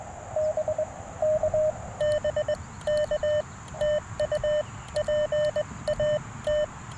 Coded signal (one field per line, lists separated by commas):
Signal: Morse code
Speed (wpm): 20 wpm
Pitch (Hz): 600 Hz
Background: radio noise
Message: B K B K TU PAT